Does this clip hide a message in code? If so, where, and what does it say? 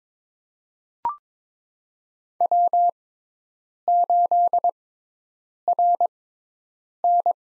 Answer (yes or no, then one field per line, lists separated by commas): yes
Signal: Morse code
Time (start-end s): 2.4-7.3 s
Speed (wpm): 22 wpm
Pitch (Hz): 700 Hz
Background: none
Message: W8RN